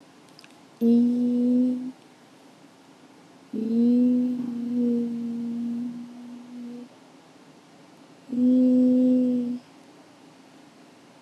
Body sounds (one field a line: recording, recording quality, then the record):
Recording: sustained vowel as in beet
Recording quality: excellent, no background noise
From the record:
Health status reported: COVID-19 positive, mild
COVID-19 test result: positive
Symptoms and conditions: cough, cold, fever, muscle pain, hypertension, diabetes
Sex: female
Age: 49 years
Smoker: not ticked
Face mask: not worn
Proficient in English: yes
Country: India